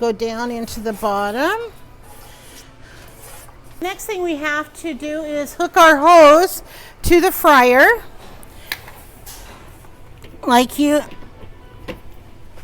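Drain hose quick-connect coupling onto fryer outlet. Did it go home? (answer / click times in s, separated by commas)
yes / 8.7 s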